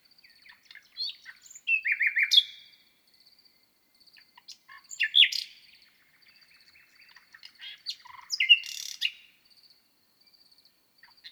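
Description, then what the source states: Common nightingale song in three bursts of sharp chirps, rapid rattled notes and brief whistles, separated by pauses, with a constant high-pitched pulsing sound behind. At night on 6 May 2018, microphones at the foot of a bush, 1000 m altitude on the Lesches-en-Diois plateau, Drôme, France; listened for two hours.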